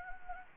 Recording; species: mosquito wingbeat signal from an infrared sensor; Anopheles gambiae